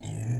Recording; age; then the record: pig call; weaner (32 to 43 days)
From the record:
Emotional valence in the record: positive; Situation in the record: positive conditioning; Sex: female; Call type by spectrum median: low-frequency call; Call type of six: low-frequency stable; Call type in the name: low-frequency stable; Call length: 0.41 s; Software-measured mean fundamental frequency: 53 Hz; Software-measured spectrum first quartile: 119 Hz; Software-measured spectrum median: 191 Hz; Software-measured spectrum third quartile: 1092 Hz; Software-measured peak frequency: 121 Hz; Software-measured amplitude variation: 133 dB a second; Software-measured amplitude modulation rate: 28.4 a second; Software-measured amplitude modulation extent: 4.7 dB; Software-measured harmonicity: 15.7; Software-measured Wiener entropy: -2.45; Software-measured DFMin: 967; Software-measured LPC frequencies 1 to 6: 1815, 2363, 3115, 3765, 5028, 6441 Hz